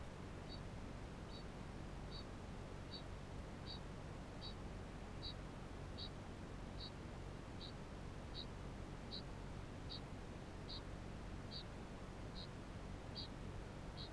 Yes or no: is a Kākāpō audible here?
yes